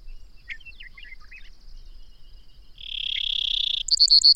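Bird song with several quick slurred chirps, a long steady buzz, and then a rapid string of short high notes, over a faint constant high tone.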